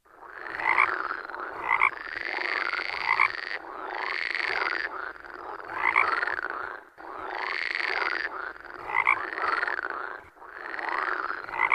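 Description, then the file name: Frog croaking: rasping, buzzy pulsed calls that swell and fade in repeated waves of a few seconds. "Grenouille cri"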